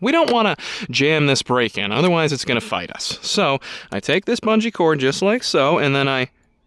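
Someone talks while handling the ATV brake lever on the handlebar brake catch, getting ready to pull it in and hold it with a bungee cord so it isn't jammed in. Nothing has seated or clicked yet; the clip is speech only and ends before the lever goes past its catch.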